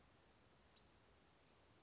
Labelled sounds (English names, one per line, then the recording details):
Western Flycatcher
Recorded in Sonoma County, California